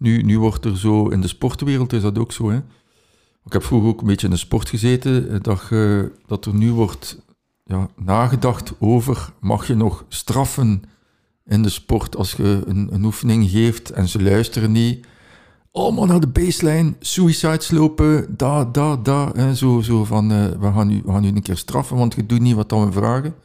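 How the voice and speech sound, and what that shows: A single adult man speaks conversational Dutch at an ordinary pace, in a low, steady voice with short pauses between phrases. He repeats a word a few times and uses fillers such as "eh", as everyday talk does. The speech is fluent and clear.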